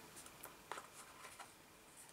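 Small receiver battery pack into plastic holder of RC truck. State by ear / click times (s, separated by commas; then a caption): not seated / none. A small receiver battery pack for an RC truck (X-Maxx 2022) is handled and pressed down into its plastic holder. Soft handling noises and brief plastic taps are heard, but nothing has seated or clicked yet.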